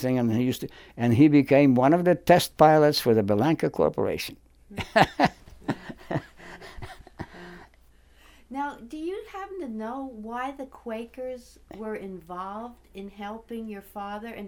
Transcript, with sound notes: And he used to—and he became one of the test pilots for the Belanca Corporation. [Laughs]
Now, do you happen to know why the Quakers were involved in helping your father?